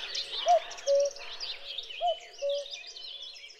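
Cuckoo calling twice, each a higher note dropping to a lower held note, with twittering birds behind.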